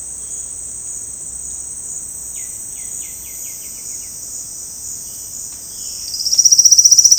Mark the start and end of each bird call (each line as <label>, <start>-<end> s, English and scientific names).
White-winged Becard (Pachyramphus polychopterus), 2.33-4.09 s
Violaceous Jay (Cyanocorax violaceus), 5.04-6.11 s
Silvered Antbird (Sclateria naevia), 6.00-7.19 s